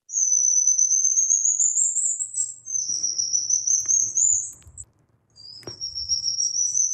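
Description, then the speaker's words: Black lion tamarin calls: three long, thin, very high whistles, each rising slowly, with faint low rumbling and a few clicks beneath. Monkey from Brazil; call sounds almost like a bird's and is sometimes confused with birds. "Hein, donc, ouais, le tamarin lion noir, c'est un singe. Quand on l'entend, hein, c'est pas du tout le son des singes que l'on connaît d'habitude. On dirait un oiseau, ouais, presque."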